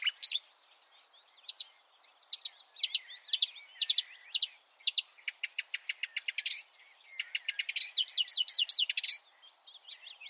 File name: suara-kicauan-burung-marsh-warbler -omkicau